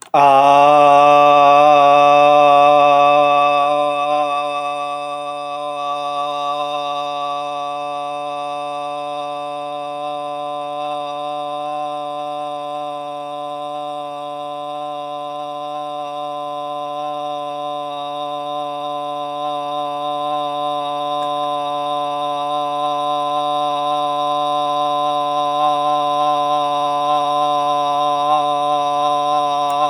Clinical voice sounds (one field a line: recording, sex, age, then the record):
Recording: vowel held as long as possible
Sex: male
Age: 40 to 49 years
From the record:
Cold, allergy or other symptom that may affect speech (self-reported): no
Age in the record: 43 years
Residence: California, United States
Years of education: 24